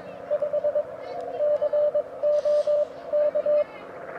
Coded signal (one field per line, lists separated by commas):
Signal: Morse code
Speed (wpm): 21 wpm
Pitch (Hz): 590 Hz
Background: radio noise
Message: 5 COK